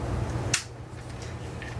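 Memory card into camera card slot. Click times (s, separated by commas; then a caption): 0.5 s. An SD memory card is pushed back into the card slot of a Nikon 3500 camera until it latches, giving a sharp, bright click at 0.5 s over a low steady background hum. A fainter, short tonal sound follows near 1.6 s, and the card is seated.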